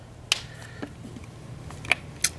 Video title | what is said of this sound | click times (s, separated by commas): Test : S View Cover (en blanc) pour Samsung Galaxy S4 | jamais vous avez un problème voilà donc elle se clipse comme la la coque de base fa bien attention à ce que tout soit bien accroché | 0.3 s, 1.9 s, 2.2 s